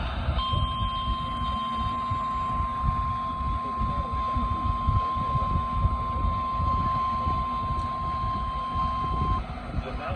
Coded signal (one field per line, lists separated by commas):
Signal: Emergency Alert System (SAME) tones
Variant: 1050 Hz attention tone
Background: speech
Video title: Severe Thunderstorm Warnings EAS#241-244